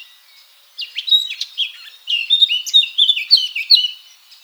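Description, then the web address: Eurasian blackcap song: a quiet start, then a lively run of rich warbled notes and fluting whistles. "SETE data Sylvia atricapilla"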